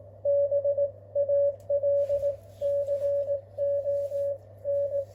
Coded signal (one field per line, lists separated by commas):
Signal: Morse code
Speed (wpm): 18 wpm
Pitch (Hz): 560 Hz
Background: radio noise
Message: BALCON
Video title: Qso avec Peter , sm0rrx. (Key cw g4zpy renovation)